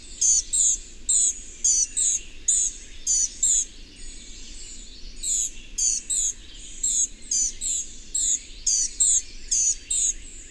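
Bird song: high-pitched twittering phrases of quick sharp notes, sung in bursts with brief pauses. A faint low background hum runs throughout.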